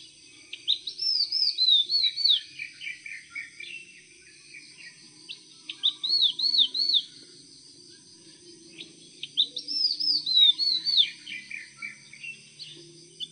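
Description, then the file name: Vinous-throated parrotbill calls: high, thin arched whistles delivered in rapid bursts, three clusters with brief pauses, some softer chattering notes below, faint background hum. "粉紅鸚嘴"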